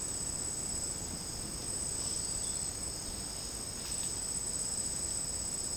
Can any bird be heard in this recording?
no